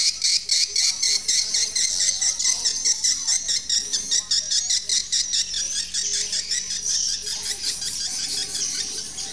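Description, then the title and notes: Swiftlet chirping, a dense high twittering with sharp chirps pulsing in quick irregular bursts throughout. Swiftlet sounds used in swiftlet farming in Asia. "Swiflet Bird Sound. Farming Swiflet Bird asia sound"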